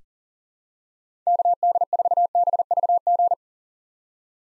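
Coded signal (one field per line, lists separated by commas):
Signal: Morse code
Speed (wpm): 37 wpm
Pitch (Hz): 700 Hz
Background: none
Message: KD4BVG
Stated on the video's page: Morse code callsign drill of common POTA activator callsigns at 40 wpm, each sent, then spoken, then sent again for head-copy practice.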